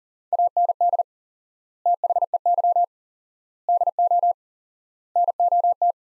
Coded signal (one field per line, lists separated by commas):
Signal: Morse code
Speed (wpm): 40 wpm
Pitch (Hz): 700 Hz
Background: none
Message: AND THEY DO NOT